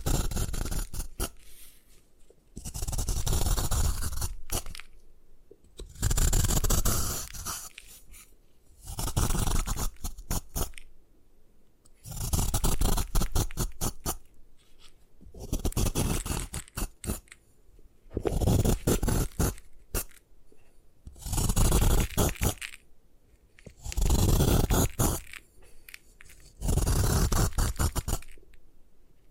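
Gym chalk being crushed and ground down in repeated bursts of gritty scraping and crunching, each lasting about one to two seconds. Roughly ten bursts come at a fairly regular pace, separated by short quiet gaps with faint crackles.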